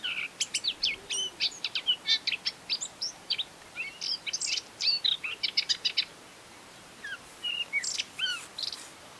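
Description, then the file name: Eurasian blackcap uttering rapid high twittering phrases of clipped chirps for about six seconds, then a pause and a shorter burst of notes. "Sylvia atricapilla"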